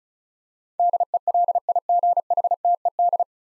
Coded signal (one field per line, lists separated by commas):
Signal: Morse code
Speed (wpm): 36 wpm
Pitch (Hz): 700 Hz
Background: none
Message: DELIGHTED